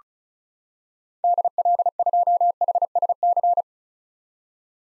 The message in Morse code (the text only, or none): DL2HSC